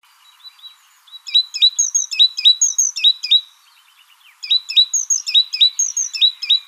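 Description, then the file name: Great tit song: two bouts of bright, repeated two-note phrases, about four per second, with a soft pause between the bouts. "Parus major"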